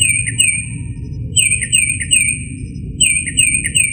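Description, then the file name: Northern mockingbird song: bright chirped notes in quick groups, pausing briefly between groups, with faint low hum in the background. "kicauan-burung-northern-mockingbird -omkicau"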